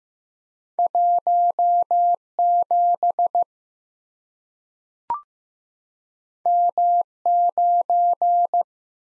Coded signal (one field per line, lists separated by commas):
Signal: Morse code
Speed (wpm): 15 wpm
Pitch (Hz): 700 Hz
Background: none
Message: 17 M9